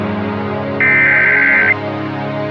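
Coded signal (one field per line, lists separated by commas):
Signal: Emergency Alert System (SAME) tones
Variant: header bursts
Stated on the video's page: Fictional EAS scenario.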